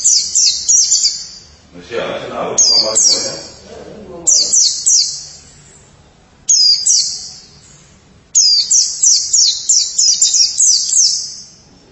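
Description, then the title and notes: White-eye song: several bursts of high, rapid twittering chirps broken by short pauses, with a brief low rustling noise early on. "Suara kicauan burung pleci"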